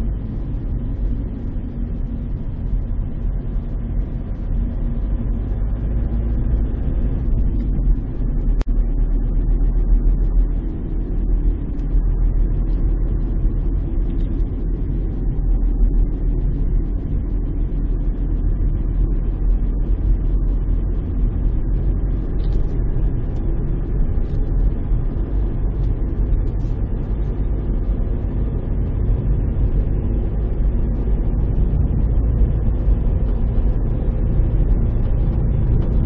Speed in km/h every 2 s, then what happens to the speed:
21, 22, 26, 28, 31, 31, 32, 31, 30, 32, 34, 36, 38, 39, 39, 42, 43, 42.
0-8 speeds up to 31. 8-16 steady at about 31. 16-30 speeds up to 42. 30-36 steady at about 42.